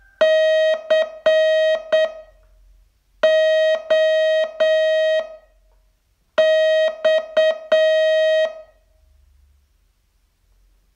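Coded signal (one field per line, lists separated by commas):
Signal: Morse code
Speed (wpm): 7 wpm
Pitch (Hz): 630 Hz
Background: music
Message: COX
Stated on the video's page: Morse training test, day 28 of a 42-day learning course.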